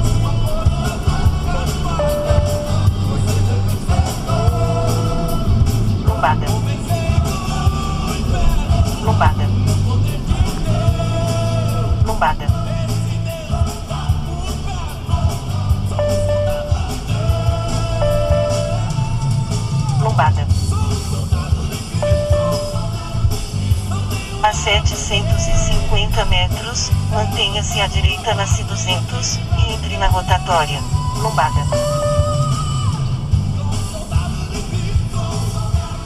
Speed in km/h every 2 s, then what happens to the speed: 74, 73, 64, 61, 36, 23, 20, 29, 35, 32, 20, 24, 26, 15, 18, 28, 27, 12.
2-11 brakes to 20. 11-17 speeds up to 35. 17-20 brakes to 20. 24-26 brakes to 15. 27-30 speeds up to 28. 31-34 brakes to 12.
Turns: none.